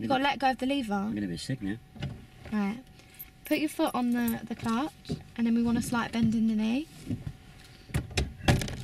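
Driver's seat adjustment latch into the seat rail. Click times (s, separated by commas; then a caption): 8.2 s, 8.5 s. During a driving lesson, a car's driver's seat is slid forward on its runners and the adjustment lever is let go, so the metal rail latch locks into a notch in the seat rail. Someone talks for most of the clip, then sharp clicks sound at 8.2 s and 8.5 s as the latch clicks into place. The seat is seated and locked, which matters because an unlatched seat could slide back while driving.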